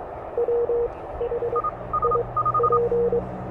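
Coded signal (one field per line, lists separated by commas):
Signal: Morse code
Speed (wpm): 23 wpm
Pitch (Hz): 470 Hz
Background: none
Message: WHIP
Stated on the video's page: CW QSO with a station near London on a K1 radio at the beach, with some fading and noise, for copying practice.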